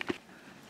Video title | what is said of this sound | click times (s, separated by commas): Running Your Generator With Your RV Propane - Duromax XP2000EH Pulsar PG2200BiS | I can't do this one hand but you'll pull this part back and push this in till it locks into place all | 0.0 s